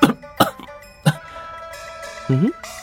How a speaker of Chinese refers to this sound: 白玉堂一个没留神呛着了，咳嗽着看展昭，展昭对他眨眨眼。